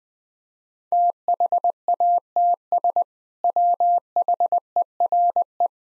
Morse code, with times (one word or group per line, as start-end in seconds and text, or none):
0.9-3.0 THATS
3.4-5.7 WHERE